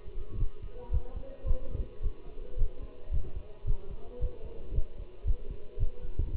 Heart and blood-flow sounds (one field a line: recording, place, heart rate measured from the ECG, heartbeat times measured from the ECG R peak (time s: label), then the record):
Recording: heart sounds by stethoscope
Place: between the tricuspid and mitral areas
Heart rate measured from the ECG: 111 bpm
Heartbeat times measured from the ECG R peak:
0.39 s: heartbeat
0.93 s: heartbeat
1.47 s: heartbeat
2.03 s: heartbeat
2.59 s: heartbeat
3.13 s: heartbeat
3.67 s: heartbeat
4.21 s: heartbeat
4.75 s: heartbeat
5.27 s: heartbeat
5.80 s: heartbeat
6.33 s: heartbeat
From the record:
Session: Bruce protocol treadmill stress test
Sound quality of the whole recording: good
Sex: male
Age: 25 years